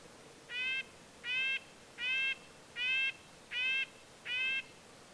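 Red-breasted Nuthatch calls: six nasal, tinny notes with a rich harmonic ring, spaced evenly about every three-quarters of a second over a low, steady hiss.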